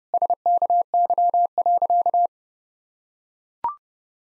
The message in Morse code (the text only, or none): SKY.